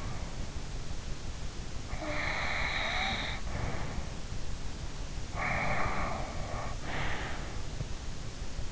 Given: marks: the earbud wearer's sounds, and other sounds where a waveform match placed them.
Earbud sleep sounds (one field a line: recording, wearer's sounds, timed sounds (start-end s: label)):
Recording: sounds in sleep by an in-ear microphone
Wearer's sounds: snoring breath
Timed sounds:
2.05-4.12 s: snoring breath
5.19-7.77 s: snoring breath